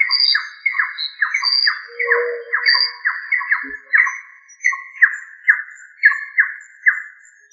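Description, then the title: Rail calling: a run of harsh, descending chattering notes repeated rapidly, with faint thin high whistles behind. "LuckyFamilia RallidaeFrangoSama"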